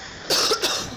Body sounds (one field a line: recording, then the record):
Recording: coughing mixed with background sound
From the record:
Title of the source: November cold (wet coughing)